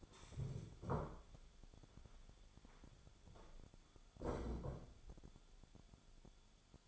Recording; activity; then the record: daily activity, microphone in the room; stand up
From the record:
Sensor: 5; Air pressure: 1015.3 hPa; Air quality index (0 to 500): 185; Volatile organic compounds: 7 ppm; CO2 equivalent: 2008 ppm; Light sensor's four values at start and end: 36/81/33/31 and 36/81/33/31